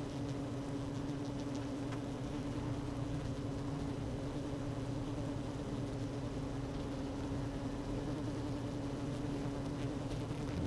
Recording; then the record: honeybee colony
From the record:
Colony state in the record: active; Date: 12 June 2018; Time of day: 16:08